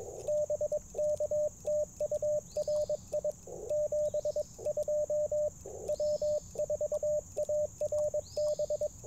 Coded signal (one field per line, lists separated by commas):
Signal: Morse code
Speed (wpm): 21 wpm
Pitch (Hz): 590 Hz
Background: radio noise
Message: BK TU RI 72 W4ARB